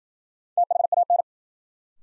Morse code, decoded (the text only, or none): THAN